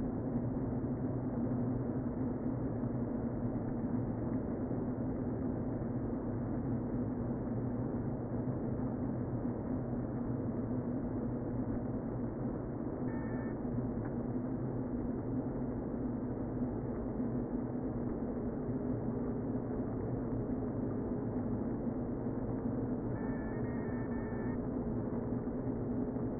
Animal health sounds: honeybee colony, microphone inside the hive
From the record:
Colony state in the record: queen present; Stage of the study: before two queens were removed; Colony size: about 60,000 bees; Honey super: yes

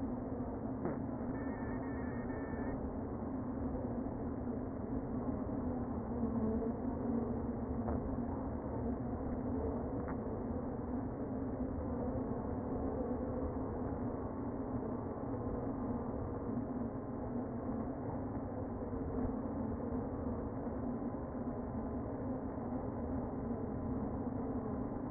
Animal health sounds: honeybee colony, microphone inside the hive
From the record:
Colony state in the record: queen present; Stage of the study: before two queens were removed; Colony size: about 60,000 bees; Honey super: yes

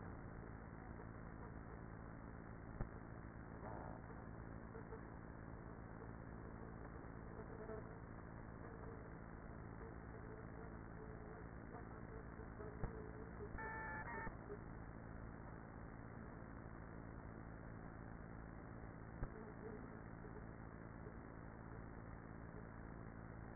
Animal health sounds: honeybee colony, microphone inside the hive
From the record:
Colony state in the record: queenless with a low population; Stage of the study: after two queens were removed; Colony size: about 30,000 bees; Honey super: no

